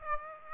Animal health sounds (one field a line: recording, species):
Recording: mosquito wingbeat signal from an infrared sensor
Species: Aedes aegypti